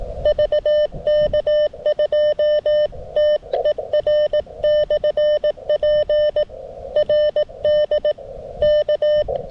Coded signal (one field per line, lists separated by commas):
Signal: Morse code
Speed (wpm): 18 wpm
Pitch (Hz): 1800 Hz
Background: none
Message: VK2TER/P RD K